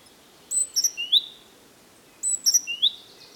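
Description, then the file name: Great tit with two quick phrases of bright, high chirps, each ending in a longer slurred note, separated by a short pause. "Parus major"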